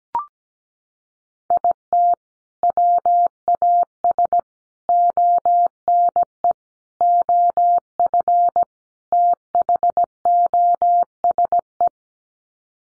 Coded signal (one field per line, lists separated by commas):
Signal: Morse code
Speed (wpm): 17 wpm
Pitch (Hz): 700 Hz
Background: none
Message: IT WAS ONE OF THOSE